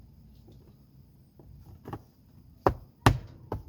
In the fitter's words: put it here snaps in place